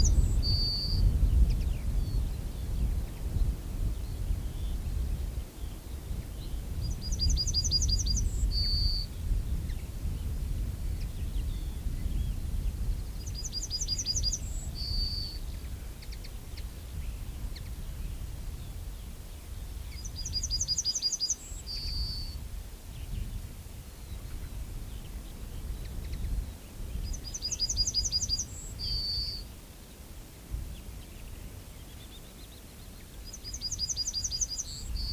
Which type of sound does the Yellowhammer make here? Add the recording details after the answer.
song. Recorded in the wild. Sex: male. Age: adult. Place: Lüdersdorf, Barnim, Brandenburg, DE. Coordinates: 52.9206, 14.0711. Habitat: Straßenallee. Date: 2006-04-15. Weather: bedeckt, 3°C, schwacher bis mäßiger Wind aus West. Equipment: Marantz PMD 671, Sennheiser MKH 70 (-10dB), Popschutz. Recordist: Frommolt, Karl-Heinz